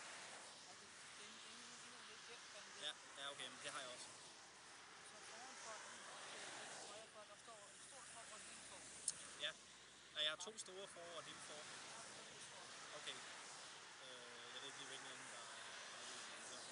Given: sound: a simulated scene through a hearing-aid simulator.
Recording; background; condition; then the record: conversation; traffic; -4 dB SNR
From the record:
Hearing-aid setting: standard clinical setting (NAL); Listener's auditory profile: C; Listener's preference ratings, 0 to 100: 23, 9, 59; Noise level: 75 dB SPL